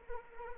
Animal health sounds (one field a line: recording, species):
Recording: mosquito wingbeat signal from an infrared sensor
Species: Anopheles arabiensis